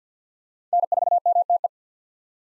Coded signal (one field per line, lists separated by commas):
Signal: Morse code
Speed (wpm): 50 wpm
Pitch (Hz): 700 Hz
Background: none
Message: N4MTE